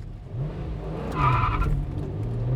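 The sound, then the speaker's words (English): A car engine roars as it speeds off, with a sharp, high tire squeal rising over the rumble for about a second before the engine keeps droning on. “if you want to live, get in the car and take this damn gun.”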